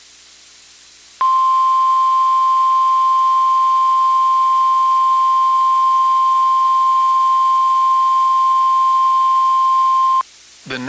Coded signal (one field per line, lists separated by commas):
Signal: Emergency Alert System (SAME) tones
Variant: 1050 Hz attention tone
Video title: WWG83 IND Severe Thunderstorm Warning EAS #96 (3/4/26)